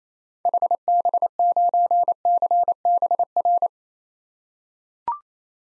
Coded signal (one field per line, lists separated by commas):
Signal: Morse code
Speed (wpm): 28 wpm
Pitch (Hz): 700 Hz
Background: none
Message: HB9CBR